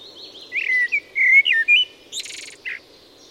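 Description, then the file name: Eurasian blackbird song: several mellow fluted notes, then a harsh high twittering burst and one short squeak at the end. "Turdus merula"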